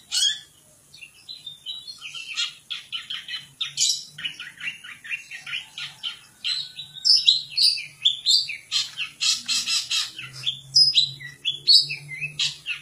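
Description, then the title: Long-tailed shrike song: a varied jumble of scratchy chattering phrases and sharp high notes, with a faint low hum underneath. "Cendet"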